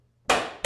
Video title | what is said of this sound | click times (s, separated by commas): The Top 2 Selling Tonneau Covers According to RealTruck | that's it like super satisfying you could hear the latch super secure | 0.3 s